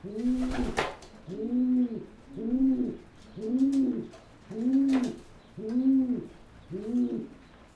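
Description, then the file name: A pigeon gives seven regular low coos, each swelling and fading, spaced just over a second apart, with a couple of sharp clicks. "holub"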